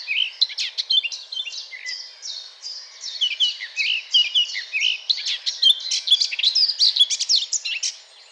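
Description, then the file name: Eurasian blackcap warbling steadily, a quick jumble of chirps and slurred whistles. "Sylvia atricapilla"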